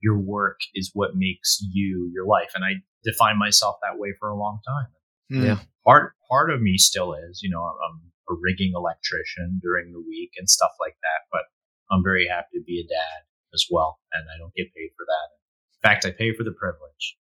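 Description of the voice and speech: A man speaks fluently in a low, steady voice with natural pauses.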